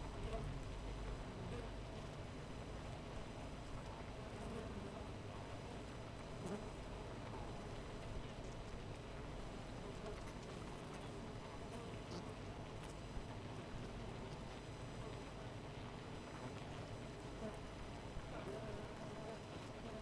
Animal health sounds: honeybee colony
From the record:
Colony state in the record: missing queen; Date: 14 July 2017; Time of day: 5:27

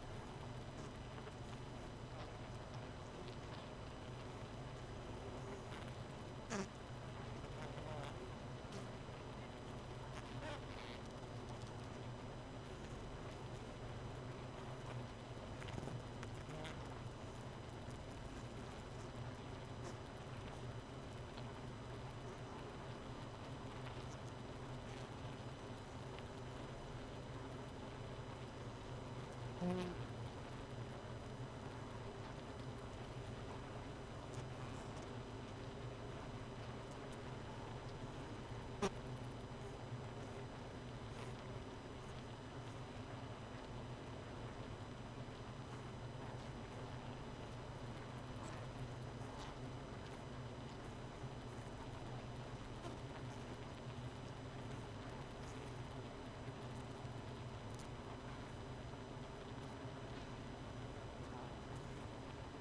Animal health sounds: honeybee colony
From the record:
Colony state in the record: missing queen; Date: 31 May 2018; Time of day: 0:11

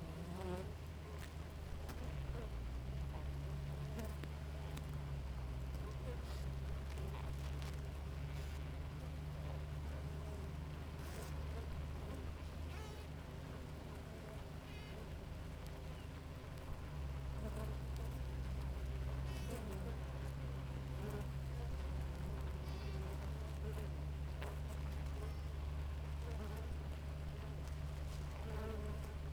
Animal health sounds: honeybee colony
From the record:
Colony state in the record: active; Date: 28 July 2017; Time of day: 5:13

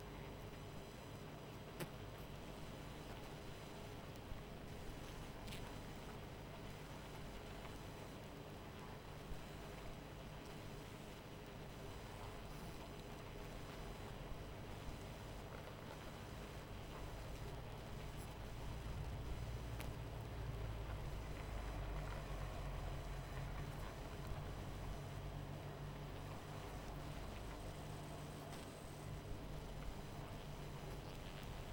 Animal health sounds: honeybee colony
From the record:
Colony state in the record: missing queen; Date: 14 July 2017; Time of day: 21:47

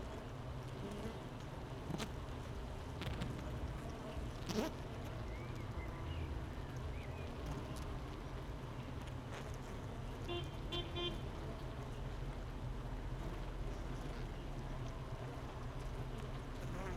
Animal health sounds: honeybee colony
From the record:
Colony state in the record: missing queen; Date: 31 May 2018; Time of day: 8:42

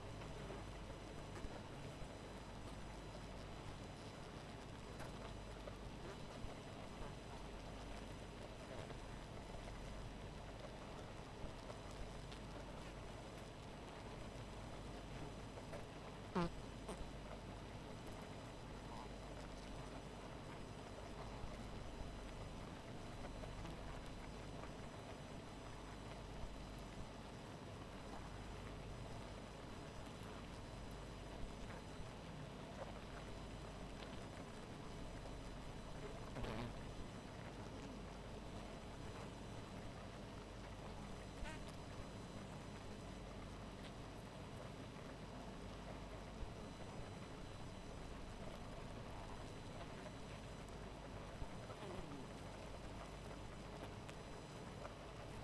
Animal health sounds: honeybee colony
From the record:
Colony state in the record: missing queen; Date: 14 July 2017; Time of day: 2:24

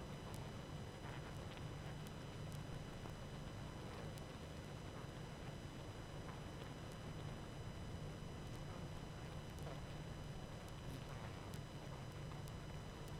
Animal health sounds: honeybee colony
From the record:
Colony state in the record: active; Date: 12 June 2018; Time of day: 19:30

